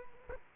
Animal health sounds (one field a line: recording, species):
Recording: mosquito wingbeat signal from an infrared sensor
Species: Culex quinquefasciatus